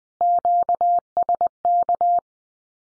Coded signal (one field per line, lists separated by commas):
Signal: Morse code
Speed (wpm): 20 wpm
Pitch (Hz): 700 Hz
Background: none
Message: QSK